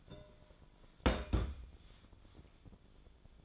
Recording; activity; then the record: daily activity, microphone in the room; place on stove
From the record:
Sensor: 5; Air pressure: 1010.0 hPa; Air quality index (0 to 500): 152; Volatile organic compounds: 3 ppm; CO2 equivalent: 1483 ppm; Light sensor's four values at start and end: 252/599/259/289 and 246/601/254/279